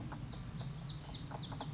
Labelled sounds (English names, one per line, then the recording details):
Lazuli Bunting
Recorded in Sonoma County, California